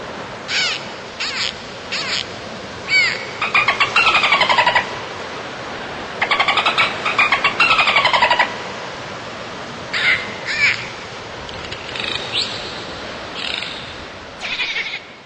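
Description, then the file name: Dolphin sounds: rapid buzzy pulse trains, a few short rising whistles and brief squeaks in clusters, over constant hiss. "Golfinhos"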